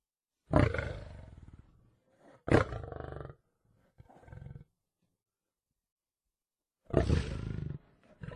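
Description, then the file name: Lion roars, two heavy deep roars in quick succession, a softer growl, then a pause before another loud roar. "lev rev"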